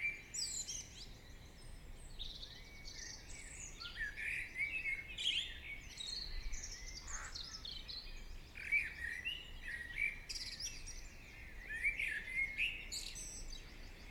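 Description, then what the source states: Birds: bird chorus with many overlapping twitters, trills and whistles running continuously at high pitch, steady background hiss beneath. Birds singing in the morning.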